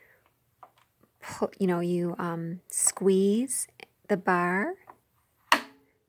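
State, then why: Released. Someone talks while squeezing the release bar under the embroidery/flat-bed unit of an SE600/625 sewing machine. The latch clicks open sharply at 5.5 s, and the unit is released to slide out.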